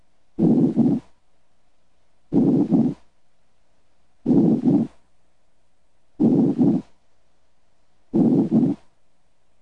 Diminished breath sounds, diaphragmatic paralysis. Diaphragmatic paralysis may limit ventilation of the lung bases. Consequently, breath sounds are diminished. Diminished breath sounds in a patient with diaphragmatic paralysis sound like this.